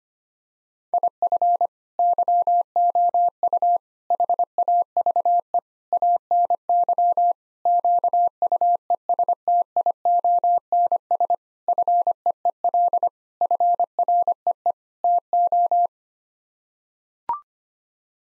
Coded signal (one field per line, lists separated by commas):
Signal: Morse code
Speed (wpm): 25 wpm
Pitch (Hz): 700 Hz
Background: none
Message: IF YOU HAVE ANY QUESTIONS FEEL FREE TO